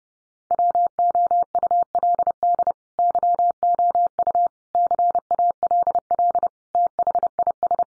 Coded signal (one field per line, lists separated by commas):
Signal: Morse code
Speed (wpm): 30 wpm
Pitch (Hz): 700 Hz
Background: none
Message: WOULD YOU CALL THIS